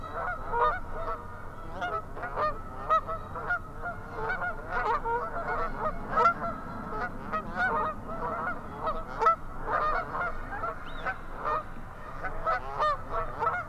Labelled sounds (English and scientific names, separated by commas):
Canada Goose (Branta canadensis) call